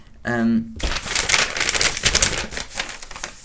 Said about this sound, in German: Ich habe gerade ein Herzchen aus Papier gefaltet. Das ist aber schön.